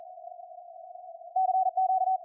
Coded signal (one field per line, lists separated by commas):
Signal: Morse code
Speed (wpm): 36 wpm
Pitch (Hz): 750 Hz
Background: none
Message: CQ